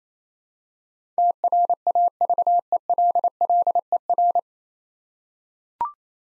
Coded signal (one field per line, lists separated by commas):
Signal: Morse code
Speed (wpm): 29 wpm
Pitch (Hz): 700 Hz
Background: none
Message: TRAVELLER